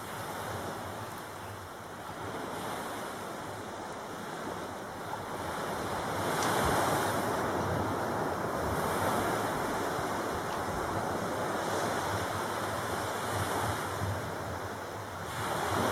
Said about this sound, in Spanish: ¿Os parece que escuchemos entonces el sonido un poco del mar que tenéis aquí? Venga.